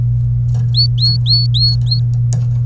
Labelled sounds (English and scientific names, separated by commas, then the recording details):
Domestic Canary (Serinus canaria) song
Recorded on 26 April 2018 at 14:18
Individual llb3